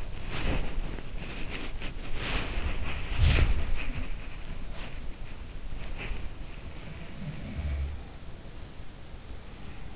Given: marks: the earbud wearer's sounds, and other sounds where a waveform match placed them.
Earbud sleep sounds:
sounds in sleep by an in-ear microphone; body movement
0.00-6.43 s: body movement
2.38-4.21 s: sound from someone else or the room
6.69-8.67 s: sound from someone else or the room

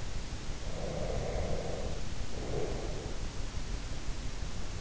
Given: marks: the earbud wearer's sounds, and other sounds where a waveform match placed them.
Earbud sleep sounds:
sounds in sleep by an in-ear microphone; breath
0.67-3.26 s: breath

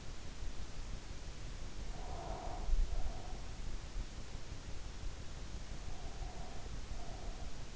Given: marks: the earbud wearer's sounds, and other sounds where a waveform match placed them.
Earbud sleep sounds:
sounds in sleep by an in-ear microphone; breath
1.94-3.42 s: breath
5.88-7.56 s: breath

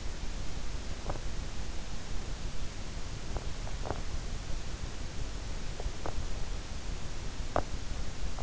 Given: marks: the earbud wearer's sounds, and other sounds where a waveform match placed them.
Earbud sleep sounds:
sounds in sleep by an in-ear microphone; teeth grinding
0.87-1.53 s: teeth grinding
3.58-4.18 s: teeth grinding
5.57-6.41 s: teeth grinding
7.31-8.04 s: teeth grinding

